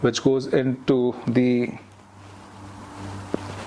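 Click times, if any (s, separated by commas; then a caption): 3.3 s. Someone talks for the first couple of seconds, then a lavalier microphone's cable plug is pushed into a wireless transmitter's input jack. A short, sharp click at 3.3 s marks the plug fixed in place.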